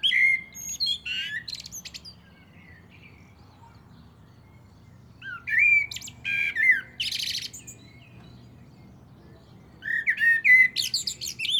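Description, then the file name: Common blackbird delivering three song phrases, fluted warbles mixed with thin, high-pitched squeaky flourishes, separated by quiet pauses. "Turdus merula"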